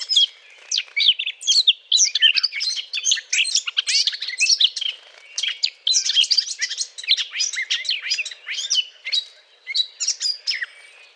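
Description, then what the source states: Eurasian blackcap song, long fast runs of twittering and warbled notes with brief breaks between dense phrases. Courtship song.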